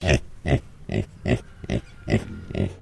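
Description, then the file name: Tamworth pig grunting in a rhythmic sequence, about seven short, rough, low grunts in under three seconds. Tamworth breed pig, grunt sequence. "ANIMAL PIG TAMWORTH HAMISH GRUNT SEQUENCE"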